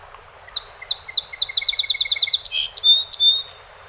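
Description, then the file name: Song sparrow song: clear repeated notes that quicken into a rolling trill, capped by several ringing notes and a thin level whistle. 48 songs, 7 June 2018. "2018-06-07 Song Sp 48 Songs"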